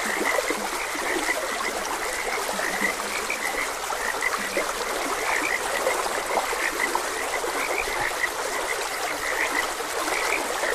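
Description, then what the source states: Chorus of frogs croaking, many brief notes overlapping without pause, set against a continuous rushing trickle of water. Frogs croaking beside a gentle stream.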